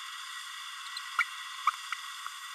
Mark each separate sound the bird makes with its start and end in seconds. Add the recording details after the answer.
1.18-1.24, 1.66-1.70. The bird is a male. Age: 31 days. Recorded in a nest box in Venezuela. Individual 17B32A6